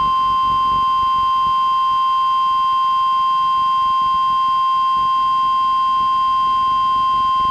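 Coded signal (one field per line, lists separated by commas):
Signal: Emergency Alert System (SAME) tones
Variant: 1050 Hz attention tone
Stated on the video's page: Required Weekly Test relayed by a NOAA Weather Radio station, recorded from a Reecom R-1630 weather radio into a Zoom H1 recorder.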